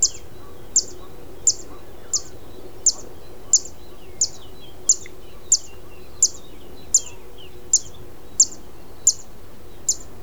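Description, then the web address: Zitting cisticola repeating a sharp, high zip note about every 0.7 seconds in a long series, over faint background bird chirps and a low rumble. "Zitting cisticola. صدای-پرنده-سبدنشین-چکاچک"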